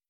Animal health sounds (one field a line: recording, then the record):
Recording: hydrophone in a shrimp aquaculture tank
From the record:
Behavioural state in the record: starved